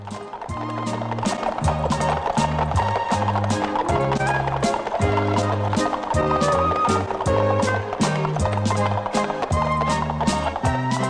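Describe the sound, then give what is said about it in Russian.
Rapid, steady clip-clop of the hooves of four horses pulling a carriage along a street, the brisk rhythmic beats running throughout alongside loud music with a sustained, stepping bass line. “Карета, запряженная 4 лошадей, едет по улице.”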